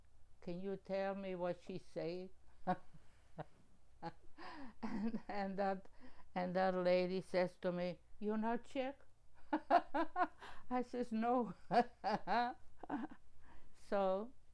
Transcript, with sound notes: "Can you tell me what she saying?" (laughing) And, uh, and that lady says to me, "You not Czech?" (laughing) I says, "no". (laughing) So,